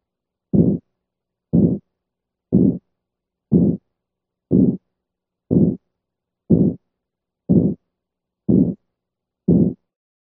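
Ten evenly spaced bursts of mid-pitched sound, about 61 a minute, each starting at full loudness and quickly fading away. This is a decrescendo murmur, loudest at its onset and diminishing through the murmur.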